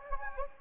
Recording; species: mosquito wingbeat signal from an infrared sensor; Anopheles gambiae